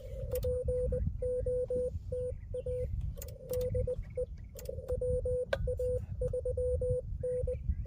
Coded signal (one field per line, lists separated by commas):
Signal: Morse code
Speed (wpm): 20 wpm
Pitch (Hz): 500 Hz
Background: radio noise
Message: POTA DE WA3N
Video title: US-12715 testing my HF-009 on a tripod! And full activation